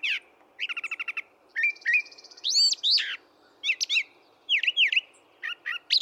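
Brown thrasher song with many phrases doubled: a fast rattle, paired whistles, and V-shaped notes given twice in a row, each phrase different from the last.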